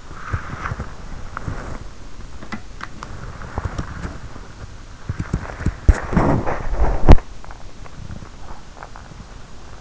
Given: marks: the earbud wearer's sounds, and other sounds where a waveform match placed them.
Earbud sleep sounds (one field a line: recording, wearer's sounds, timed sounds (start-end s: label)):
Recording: sounds in sleep by an in-ear microphone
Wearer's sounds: body movement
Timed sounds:
0.00-7.21 s: body movement
7.53-9.61 s: body movement